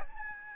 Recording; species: mosquito wingbeat signal from an infrared sensor; Aedes albopictus